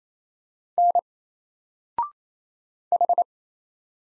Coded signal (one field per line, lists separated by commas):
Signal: Morse code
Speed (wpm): 28 wpm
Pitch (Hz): 700 Hz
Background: none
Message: N H